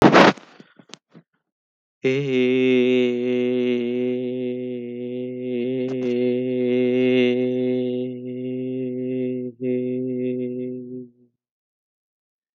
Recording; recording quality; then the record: sustained vowel as in made; moderate, slight background noise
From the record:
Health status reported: healthy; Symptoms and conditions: none ticked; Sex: male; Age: 25 years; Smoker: not ticked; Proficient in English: yes